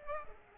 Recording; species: mosquito wingbeat signal from an infrared sensor; Culex pipiens